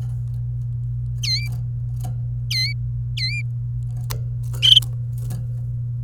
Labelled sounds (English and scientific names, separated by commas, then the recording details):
Domestic Canary (Serinus canaria) song
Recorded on 27 April 2018 at 16:44
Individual llb3